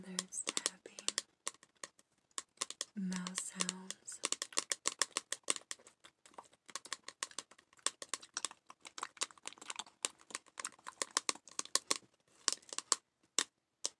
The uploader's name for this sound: tapping, finger flutters